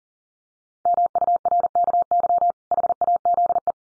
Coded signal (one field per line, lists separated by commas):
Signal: Morse code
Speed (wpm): 40 wpm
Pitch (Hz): 700 Hz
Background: none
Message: MURKY HAZE